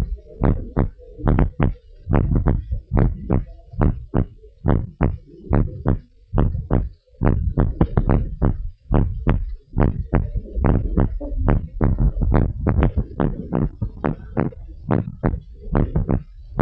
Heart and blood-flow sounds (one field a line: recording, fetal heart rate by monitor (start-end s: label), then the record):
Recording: heart sounds of a pregnant woman by stethoscope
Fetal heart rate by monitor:
no fetal heartbeat
From the record:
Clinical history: preeclampsia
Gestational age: 34 weeks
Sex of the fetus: boy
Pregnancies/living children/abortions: 1/0/0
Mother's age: 25 years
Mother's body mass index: 26.3